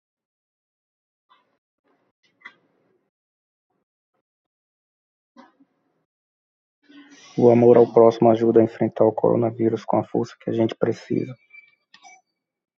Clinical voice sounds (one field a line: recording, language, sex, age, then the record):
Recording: spoken sentence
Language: Brazilian Portuguese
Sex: male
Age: 40 to 49 years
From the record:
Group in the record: control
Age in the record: 40 years